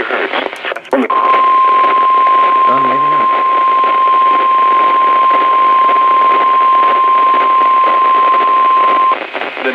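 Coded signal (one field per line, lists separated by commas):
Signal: Emergency Alert System (SAME) tones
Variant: 1050 Hz attention tone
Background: speech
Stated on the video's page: Severe weather EAS alerts from Maine-area stations, including distant reception of weather radio station WXJ40 in central New Hampshire.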